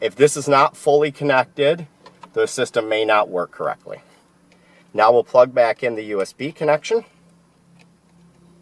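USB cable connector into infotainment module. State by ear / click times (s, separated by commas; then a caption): not seated / none. Someone talks while handling a USB cable connector being plugged back into the SYNC 3 infotainment module of a 2016+ Ford Fiesta during a factory navigation install. Only faint handling sounds are heard, around 4.5 s and 7.8 s. Nothing has seated or clicked yet.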